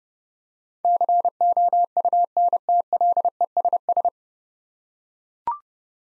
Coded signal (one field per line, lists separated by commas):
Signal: Morse code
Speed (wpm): 30 wpm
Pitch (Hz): 700 Hz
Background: none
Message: COUNTLESS